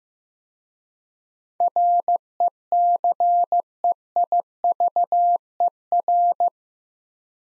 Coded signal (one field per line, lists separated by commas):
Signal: Morse code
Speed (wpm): 15 wpm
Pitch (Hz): 700 Hz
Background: none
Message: RECEIVER